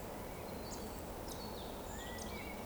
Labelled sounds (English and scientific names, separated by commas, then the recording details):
Eurasian Woodcock (Scolopax rusticola) whistle
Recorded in Baden-Württemberg, Germany, on 15 June 2020 at 19:38 UTC
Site 14569, 102 m above sea level